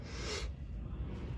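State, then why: Not seated. An aftermarket jack holder bracket is pushed into its mount in the cargo area of a Saveiro pickup, with a burst of broad rubbing hiss for the first half second followed by a low, steady rumble. The holder does not engage and nothing has clicked or seated, a miss blamed on dirt and a bent part.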